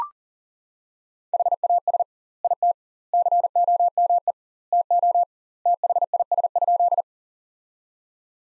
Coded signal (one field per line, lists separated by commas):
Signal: Morse code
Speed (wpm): 40 wpm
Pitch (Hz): 700 Hz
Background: none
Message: HAS IT COME TO THIS?